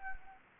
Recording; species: mosquito wingbeat signal from an infrared sensor; Anopheles gambiae